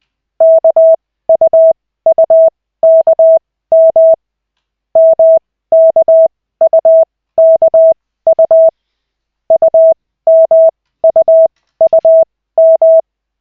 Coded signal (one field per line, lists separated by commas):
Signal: Morse code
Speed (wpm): 20 wpm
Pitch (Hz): 650 Hz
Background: none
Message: KUUKM MKUKU UMUUM